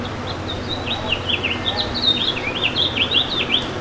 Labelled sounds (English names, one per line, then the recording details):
House Finch song
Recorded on Long Island, New York, on 7 June 2012
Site GP
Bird A